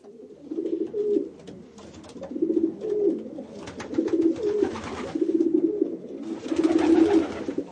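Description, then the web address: Pigeon giving repeated low, burbling coos in short phrases, with bursts of rustling or fluttering noise between. "sound bird-pigeon"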